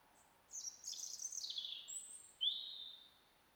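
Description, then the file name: European robin delivering a descending warbled phrase followed by a clear, sustained high whistle, soft amid background hiss. "Erithacus rubecula"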